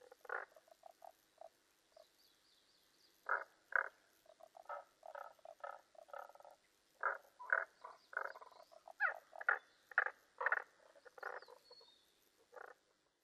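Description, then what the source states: Tago's brown frog calls: short pulsed croaks repeated irregularly, some louder and some softer, with a faint higher sound in the background. Recorded 15 May 2005.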